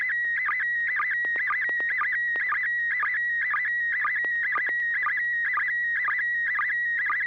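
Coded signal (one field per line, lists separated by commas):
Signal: SSTV (slow-scan television)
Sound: steady high whistle broken twice a second by quick warbling chirps with low blips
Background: low hum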